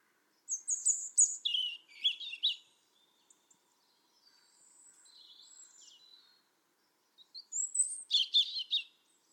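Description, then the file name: European robin song: two bursts of high, thin, varied warbling phrases with sweeping whistles and quick twittering notes, separated by a softer, fainter passage in the middle. "Erithacus rubecula"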